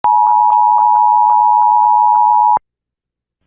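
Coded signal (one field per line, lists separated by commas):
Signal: Emergency Alert System (SAME) tones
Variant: 853 and 960 Hz attention tone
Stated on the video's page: Alert audio relayed from an EAS relay network monitored and streamed.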